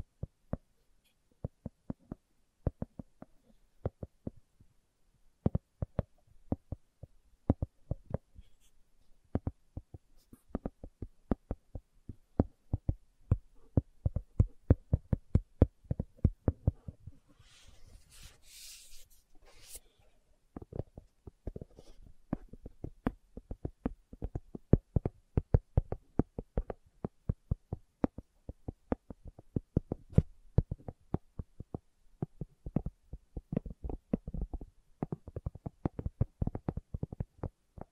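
Slow tapping made of sharp, dry clicks, irregular and sparse at first, then growing denser and quicker after about twenty seconds. Around seventeen to twenty seconds a brief bright scratchy rustle rises over the taps before the tapping picks up again.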